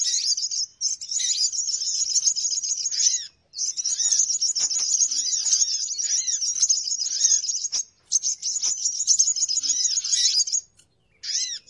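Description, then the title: Birds in a noisy high-pitched chattering chorus, shrill twitters coming in long bursts separated by short silences, with soft arched whistles underneath. Lure sound to attract birds, said to draw many birds in quickly; noisy (ribut) bird sounds. "Baru Diputar Dah Banyak Merapat! Suara Pikat Burung Ribut"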